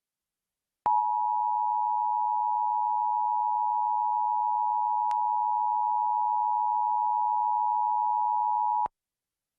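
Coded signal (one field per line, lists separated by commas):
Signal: Emergency Alert System (SAME) tones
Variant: 853 and 960 Hz attention tone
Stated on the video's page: Weekly Emergency Alert System test on CBS Pennsylvania, likely aired during prime-time programming.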